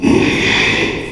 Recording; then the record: squeal of a Yucatan mini pig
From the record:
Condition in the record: after surgery on the right vocal fold (resection and tissue-engineered implant); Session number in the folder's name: 1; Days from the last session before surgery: 6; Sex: male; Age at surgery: 12 weeks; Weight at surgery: 13 kg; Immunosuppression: cyclosporine, prednisolone